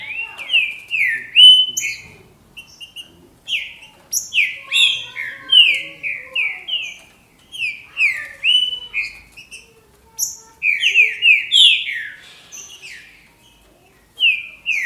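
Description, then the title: Green-winged saltator: repeated phrases of strong, slurred whistles dropping in pitch, each burst followed by a short pause. "Trinca Ferro"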